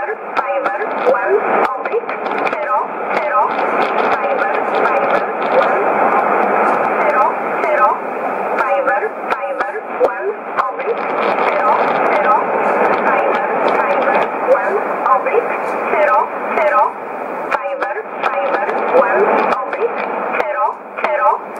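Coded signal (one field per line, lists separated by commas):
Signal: numbers station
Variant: E11, English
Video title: 25 08 2015 Numbers Station E11 in English 1925 on 11581 USB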